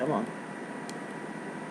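A recon spring is pushed by hand into the plastic quad spring array (spring plunger assembly) of a Bird Of Prey Type-R blaster, rated at 28+ kg, until its four poles snap into the spring wire. Someone talks briefly at the start, then a short, sharp click sounds at 0.9 s over a steady background hiss. The spring seats in place.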